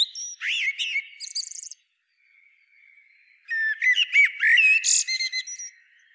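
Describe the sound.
Common blackbird song: a warbled phrase with high squeaks, a pause of nearly two seconds, then a second phrase of mellow whistles ending in rapid high twitters.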